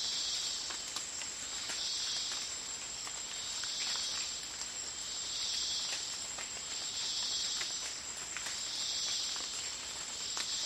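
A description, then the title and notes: Soft rain patters in a rainforest at dawn, with scattered drops tapping throughout. A dense chorus of insects swells and fades in regular waves about every two seconds, over a thin, steady high whine that never stops. Rainy dawn in Costa Rica's rainforest. The sound of soft rain in the rainforest at dawn is bliss.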